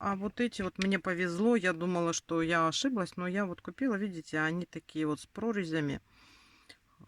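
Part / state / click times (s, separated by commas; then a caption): plastic safety fastener into crocheted plush toy / seated / 6.7 s. Someone talks while pushing a slotted plastic safety fastener by hand, without a special tool, onto its stem in a crocheted plush dog toy. After the talking stops, a sharp click is heard at 6.7 s, followed by a faint tick, as the fastener seats in place.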